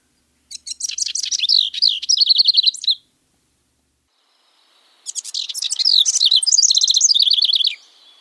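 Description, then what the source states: House wren song: two fast, bubbly bursts of high chattering trills and warbled notes, each lasting two to three seconds, separated by a short pause. Fast, loud song; a specialist of dry areas on the Olympic Peninsula, mainly around Sequim and Port Townsend, favouring dry forested and coniferous edges.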